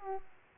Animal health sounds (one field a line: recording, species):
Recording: mosquito wingbeat signal from an infrared sensor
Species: Aedes aegypti